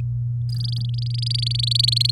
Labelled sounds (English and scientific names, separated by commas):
Domestic Canary (Serinus canaria) song